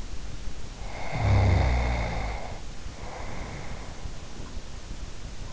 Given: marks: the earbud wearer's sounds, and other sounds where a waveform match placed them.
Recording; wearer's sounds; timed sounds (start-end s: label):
sounds in sleep by an in-ear microphone; snoring breath
0.55-4.43 s: snoring breath